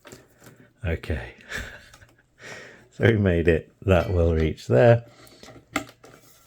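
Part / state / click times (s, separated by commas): power cable connector into a PC drive or board socket / seated / 5.8 s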